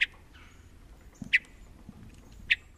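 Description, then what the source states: Hermit Thrush calls, three short sharp high notes spaced just over a second apart. Call given besides song, heard around hermit thrushes in a mountain forest in summer.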